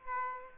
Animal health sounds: mosquito wingbeat signal from an infrared sensor; Aedes aegypti

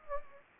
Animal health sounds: mosquito wingbeat signal from an infrared sensor; Anopheles gambiae

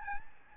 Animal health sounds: mosquito wingbeat signal from an infrared sensor; Aedes albopictus

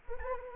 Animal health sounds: mosquito wingbeat signal from an infrared sensor; Anopheles arabiensis

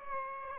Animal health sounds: mosquito wingbeat signal from an infrared sensor; Aedes aegypti

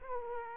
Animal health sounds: mosquito wingbeat signal from an infrared sensor; Aedes aegypti

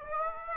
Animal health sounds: mosquito wingbeat signal from an infrared sensor; Aedes aegypti

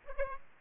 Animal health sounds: mosquito wingbeat signal from an infrared sensor; Aedes aegypti

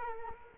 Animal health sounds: mosquito wingbeat signal from an infrared sensor; Culex quinquefasciatus

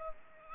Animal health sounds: mosquito wingbeat signal from an infrared sensor; Culex pipiens

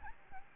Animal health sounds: mosquito wingbeat signal from an infrared sensor; Aedes albopictus

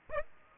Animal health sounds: mosquito wingbeat signal from an infrared sensor; Aedes aegypti

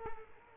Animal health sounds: mosquito wingbeat signal from an infrared sensor; Culex quinquefasciatus

